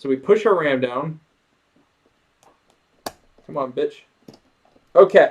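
A RAM module is pushed down into a motherboard DIMM slot, and a single loud, sharp click at 3.1 s marks its retention clips snapping shut. Someone talks before and after, with a few faint taps around the click. The module ends up seated in the slot.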